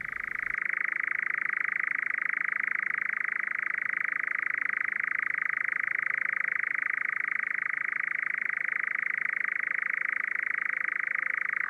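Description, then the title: European nightjar giving an unbroken, rapid purring churr, holding one steady pitch for the whole stretch. "Kehrääjä"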